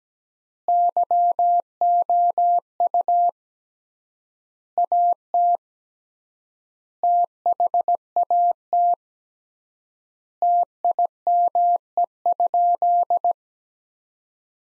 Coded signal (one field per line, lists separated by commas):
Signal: Morse code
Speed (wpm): 17 wpm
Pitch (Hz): 700 Hz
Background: none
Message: YOU AT THAT TIME?